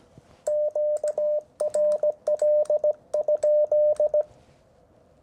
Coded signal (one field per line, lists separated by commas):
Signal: Morse code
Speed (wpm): 17 wpm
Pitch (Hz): 600 Hz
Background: none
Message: QRL?